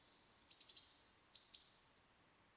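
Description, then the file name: European robin delivering a fast, high, intricate phrase of thin whistles and ticking notes, ending in a sharp, sweet, high flourish. "Erithacus rubecula"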